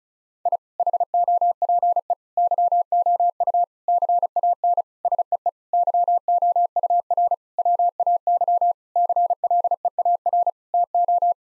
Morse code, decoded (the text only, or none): I HOPE YOU CAN SEE YOUR WAY CLEAR TO